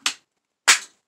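After checking that it sits flush with the notch, a metal gas tube is popped into the gas block of a Riley Defense AK-47 rifle, seating with a sharp snap at 0.1 s. A second, fuller sharp hit follows at about 0.7 s, with silence between and after. The gas tube is seated in place.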